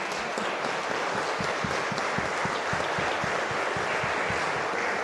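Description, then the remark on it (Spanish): A crowd breaks into steady applause for a group of young guys, many hands clapping at once in a dense, even wash of sound that holds at a constant level for the whole stretch, with no voices rising above it. “Vamos a darle un aplauso a estos pibes.”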